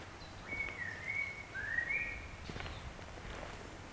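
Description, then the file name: Common blackbird singing a short phrase of fluty, sliding whistled notes, one falling and then rising, over low background noise with a few faint clicks. "Turdus merula"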